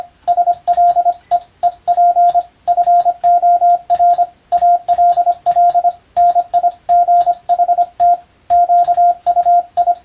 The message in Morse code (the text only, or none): SLEEP FOR ALL NIGHT QUI